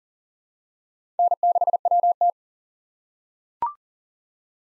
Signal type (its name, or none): Morse code